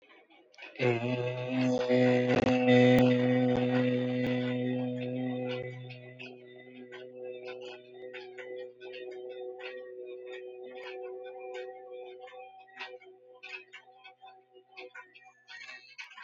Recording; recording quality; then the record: sustained vowel as in made; moderate, slight background noise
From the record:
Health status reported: COVID-19 positive, moderate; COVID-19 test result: positive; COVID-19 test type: RT-PCR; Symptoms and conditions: cough, cold, fever, fatigue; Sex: male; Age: 35 years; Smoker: no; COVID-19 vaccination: both doses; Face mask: not worn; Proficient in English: yes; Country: India